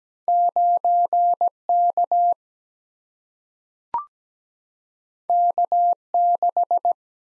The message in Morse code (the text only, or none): 9 K K 6